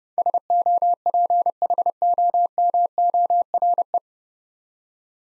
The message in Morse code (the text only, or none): SOPHOMORE